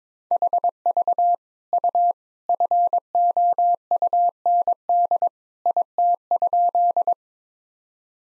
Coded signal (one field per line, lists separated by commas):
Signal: Morse code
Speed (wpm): 21 wpm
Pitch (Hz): 700 Hz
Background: none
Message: HV U FOUND IT?